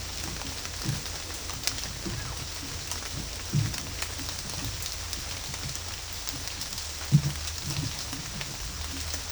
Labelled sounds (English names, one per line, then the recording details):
none
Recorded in dense forest near Puerto Asís, Putumayo, Colombia, on 21 December 2024 at 11:00
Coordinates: 0.467, -76.328
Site GP05